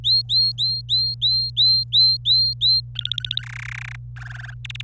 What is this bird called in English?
Domestic Canary